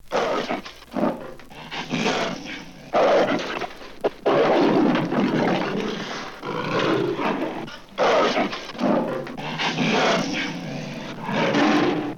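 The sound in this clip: Leopard producing gravelly snarls and throaty growls in a long series of rough bursts with brief silences.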